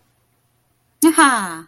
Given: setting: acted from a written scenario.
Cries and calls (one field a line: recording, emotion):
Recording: vocal sound without words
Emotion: pride